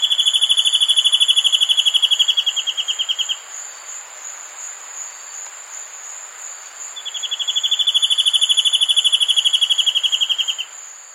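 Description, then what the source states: Spot-winged antbird song: a fast, even trill of pure, whistled notes, repeated after a pause, with a steady high insect buzz throughout. South America.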